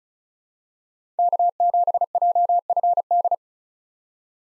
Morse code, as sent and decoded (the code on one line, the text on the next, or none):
-.- --... .--- ..-. -..
K7JFD